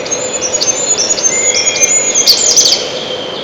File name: пеночка печальная